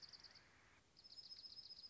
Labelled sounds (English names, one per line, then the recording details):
Dark-eyed Junco
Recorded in Sonoma County, California